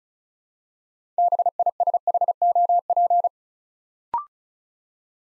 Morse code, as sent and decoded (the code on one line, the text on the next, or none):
-... .. ... .... --- .--.
BISHOP